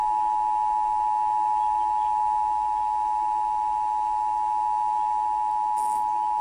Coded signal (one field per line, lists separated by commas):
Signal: Emergency Alert System (SAME) tones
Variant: 853 and 960 Hz attention tone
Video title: EAS tornado warning daviess greene y New York